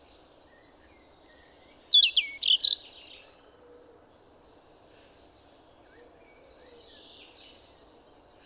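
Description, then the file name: European robin song: high thin notes swelling into a rapid tumbling phrase of whistles and trills, then quiet with faint bird sounds. "Erithacus rubecula"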